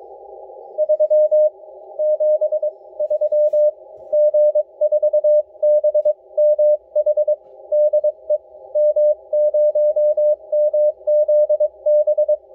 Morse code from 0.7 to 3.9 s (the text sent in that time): 3 7 3